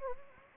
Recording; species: mosquito wingbeat signal from an infrared sensor; Anopheles gambiae